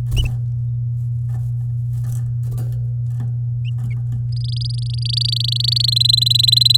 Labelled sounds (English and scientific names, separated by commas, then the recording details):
Domestic Canary (Serinus canaria) song
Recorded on 10 May 2018 at 11:49
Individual llb16